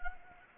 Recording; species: mosquito wingbeat signal from an infrared sensor; Anopheles gambiae